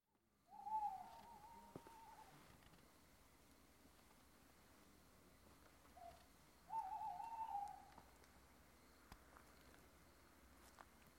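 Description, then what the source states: Owl hoots: two long, steady, level notes separated by a pause of several seconds, with faint background hiss. Owls (chouettes) recorded at Ker Anna.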